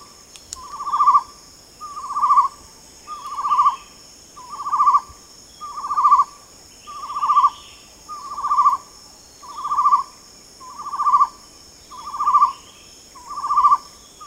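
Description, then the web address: Chestnut-necklaced partridge repeating a swelling whistled note about every 1.3 seconds, eleven in all, while insects drone steadily at high pitch. Recorded at Danum on 8 August 2009. "DANUM 20090808. chestnut-necklaced hill partridge"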